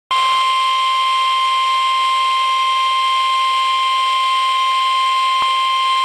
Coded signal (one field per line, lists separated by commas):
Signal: Emergency Alert System (SAME) tones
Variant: 1050 Hz attention tone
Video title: Severe Thunderstorm Warning #7 - 07/18/12 (EAS #249)